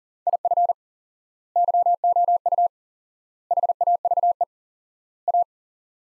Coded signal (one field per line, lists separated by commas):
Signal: Morse code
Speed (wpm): 37 wpm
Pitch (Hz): 700 Hz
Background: none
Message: IF YOU HAVE A